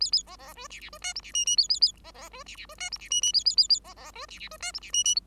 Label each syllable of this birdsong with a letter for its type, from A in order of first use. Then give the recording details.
A A B B C D D C E F D G G A A A B B C D D C E F D G G A A A A B B C D D C E F D G G. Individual Bird5